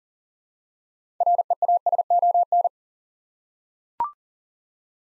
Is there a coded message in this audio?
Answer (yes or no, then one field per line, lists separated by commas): yes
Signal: Morse code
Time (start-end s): 1.2-2.7 s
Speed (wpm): 40 wpm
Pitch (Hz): 700 Hz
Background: none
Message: REASON